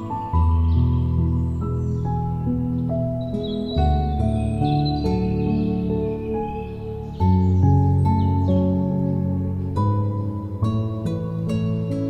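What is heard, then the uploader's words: Gentle guitar music plays with a warm, full low end and slow chord changes every few seconds, each new chord arriving with a soft plucked attack. Faint birds chirp high above the music throughout, light and scattered in the background. Guitar Music with Birds Singing.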